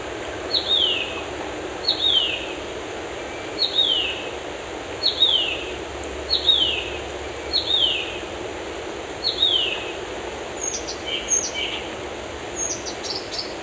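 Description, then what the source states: Bird song: a sharp, descending whistled phrase repeated several times, then a few quick high chirps near the end, over a faint background hiss. Birds in a forest.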